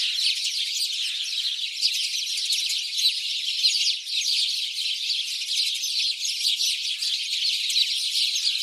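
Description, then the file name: House sparrow flock chirping, a dense continuous chatter of overlapping short chirps with no pauses throughout, and no other clear sounds. "Passer domesticus"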